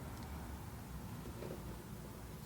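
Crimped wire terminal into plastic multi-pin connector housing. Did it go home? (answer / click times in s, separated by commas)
no / none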